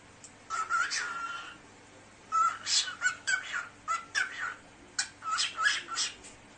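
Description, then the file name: Cockatiel chattering in harsh, raspy bursts mixed with short whistled notes near one pitch, a long call, a pause, then a rapid run of scratchy syllables. Cockatiel talking. "صدای-عروس-هلندی-حرف-زدن-عروس-هلندی"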